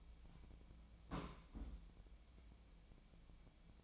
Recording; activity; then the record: daily activity, microphone in the room; place on stove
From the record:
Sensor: 1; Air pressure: 1010.0 hPa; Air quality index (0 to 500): 187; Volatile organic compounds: 17 ppm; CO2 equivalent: 2574 ppm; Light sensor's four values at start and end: 37/95/40/49 and 38/96/40/49